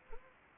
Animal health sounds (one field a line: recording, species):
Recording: mosquito wingbeat signal from an infrared sensor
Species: Anopheles gambiae